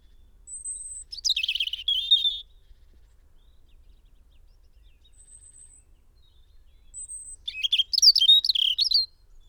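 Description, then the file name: European robin song: a high thin note leading into a tumbling twittered phrase, a quiet pause with faint high whistles, then another complex sparkling phrase. "Erithacus rubecula"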